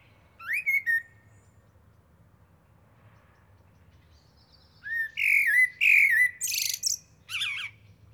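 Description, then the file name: Eurasian blackbird gives a short fluted note, then several quiet seconds, then a longer phrase of warbled whistles with squeaky high twittering at its end. "Turdus merula"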